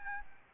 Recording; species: mosquito wingbeat signal from an infrared sensor; Aedes albopictus